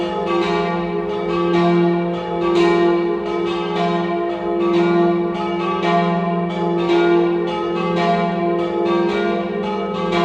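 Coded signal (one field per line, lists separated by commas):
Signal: bell signal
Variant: battiore e dopli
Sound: several church bells ringing continuously in rapid overlapping strikes, rich sustained hum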